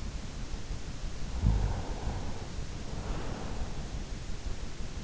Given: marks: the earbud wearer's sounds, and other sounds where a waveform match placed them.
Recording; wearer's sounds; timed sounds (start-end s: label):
sounds in sleep by an in-ear microphone; snoring breath
1.40-3.86 s: snoring breath